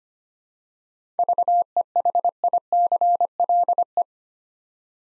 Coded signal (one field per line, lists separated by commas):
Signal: Morse code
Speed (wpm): 25 wpm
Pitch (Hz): 700 Hz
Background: none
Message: VEHICLE